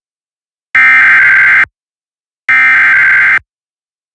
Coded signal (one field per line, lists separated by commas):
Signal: Emergency Alert System (SAME) tones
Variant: header bursts